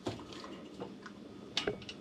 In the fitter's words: very soft click not a problem